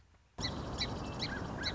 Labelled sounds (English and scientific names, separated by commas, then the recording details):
Song Sparrow (Melospiza melodia)
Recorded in Sonoma County, California